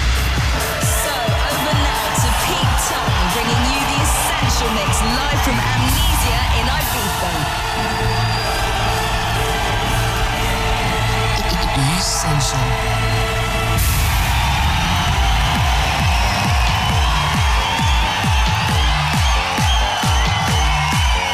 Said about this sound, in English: The Radio 1 Ibiza experience continues. Welcome to Amnesia tonight. As you can hear, the crowd are in full voice.